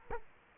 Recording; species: mosquito wingbeat signal from an infrared sensor; Culex quinquefasciatus